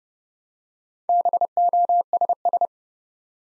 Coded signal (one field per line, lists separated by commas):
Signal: Morse code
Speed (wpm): 30 wpm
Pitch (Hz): 700 Hz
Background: none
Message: BOSS